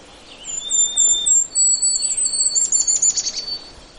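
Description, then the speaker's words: Golden-crowned Kinglet song, extremely high thin notes repeated in a series, then dropping into a quick stuttering chatter at the end. Complete song, very high at the beginning, then turning down into a little chickadee-like ending. "There, that was the entire song, if you were able to hear it."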